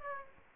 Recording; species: mosquito wingbeat signal from an infrared sensor; Aedes aegypti